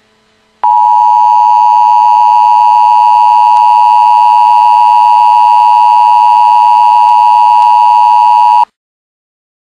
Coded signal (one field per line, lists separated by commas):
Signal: Emergency Alert System (SAME) tones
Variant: 853 and 960 Hz attention tone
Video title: EMERGENCY ALERT SYSTEM (To Prank) (All Is Fake)